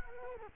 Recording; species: mosquito wingbeat signal from an infrared sensor; Culex quinquefasciatus